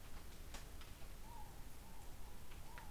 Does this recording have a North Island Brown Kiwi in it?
no